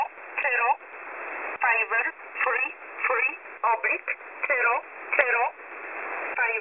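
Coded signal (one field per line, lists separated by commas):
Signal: numbers station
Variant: E11 Oblique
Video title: E11 Oblique 20/02/2023 0900 UTC 11092kHz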